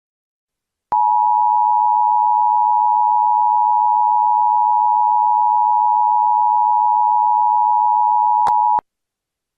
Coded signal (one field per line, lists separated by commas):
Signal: Emergency Alert System (SAME) tones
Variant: 853 and 960 Hz attention tone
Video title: EAS Scenario - Asteroid-X